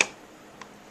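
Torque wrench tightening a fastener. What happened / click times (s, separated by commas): The torque wrench clicked at its setting / 0.0 s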